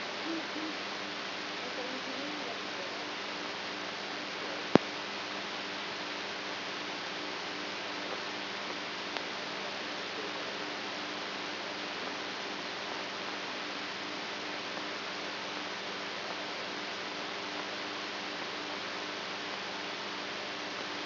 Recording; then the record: brain microelectrode recording played as sound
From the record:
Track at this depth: outside the subthalamic nucleus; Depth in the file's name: 5.512 mm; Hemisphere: right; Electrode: 3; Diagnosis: Parkinson's disease